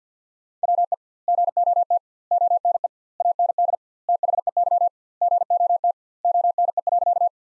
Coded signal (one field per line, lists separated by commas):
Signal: Morse code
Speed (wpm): 46 wpm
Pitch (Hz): 700 Hz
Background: none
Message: WE GOT ONE AND THEY GOT ONE.